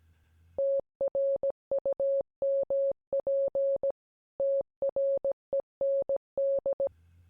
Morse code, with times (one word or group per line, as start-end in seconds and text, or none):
0.6-3.9 TRUMP
4.4-6.9 TREND